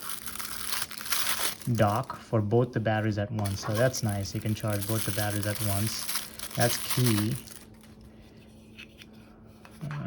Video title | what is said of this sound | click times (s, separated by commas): Kingslim Moment 4K Action Camera Unboxing and Review | so clicks on just like that there's a satisfying click there | 9.9 s